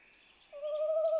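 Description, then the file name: Tawny owl giving one steady, level hooting note that begins partway through and holds to the end. "chouette hulotte"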